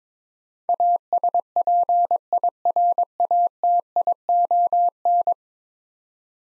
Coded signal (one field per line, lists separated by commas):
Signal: Morse code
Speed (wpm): 22 wpm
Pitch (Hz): 700 Hz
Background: none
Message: ASPIRATION